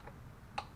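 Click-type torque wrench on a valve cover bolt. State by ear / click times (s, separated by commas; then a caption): torque reached / 0.6 s. A click-type torque wrench tightens another valve cover bolt to spec during a valve cover gasket swap on a 2013-2017 Honda Accord 2.4. After a faint tick near 0.1 s, the wrench gives a sharp, bright click at 0.6 s, showing the bolt has reached its torque spec and is good.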